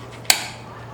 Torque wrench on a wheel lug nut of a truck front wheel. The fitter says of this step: until you hear that click